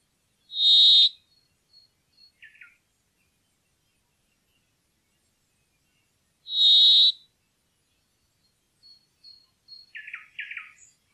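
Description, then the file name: Brambling repeating a long, nasal, buzzy wheeze twice, about six seconds apart, with soft chirping notes between. "bjoerkefink"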